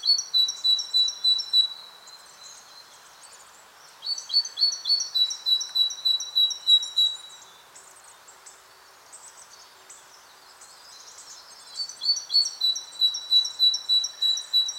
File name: Parus major